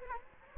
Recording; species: mosquito wingbeat signal from an infrared sensor; Anopheles gambiae